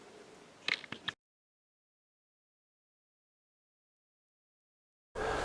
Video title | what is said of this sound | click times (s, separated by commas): 1983 BMW R80ST Install Alternator, Diode Board & Electronic Ignition Sensor | so it goes down like that and if you just push it they'll snap right in | 0.7 s, 1.1 s